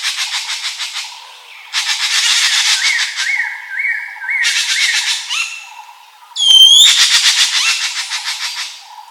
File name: suara burung ekek layongan atau cissa chinensis